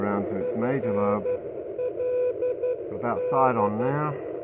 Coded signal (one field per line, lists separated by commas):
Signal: Morse code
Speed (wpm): 11 wpm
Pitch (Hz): 500 Hz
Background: speech, radio noise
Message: FLD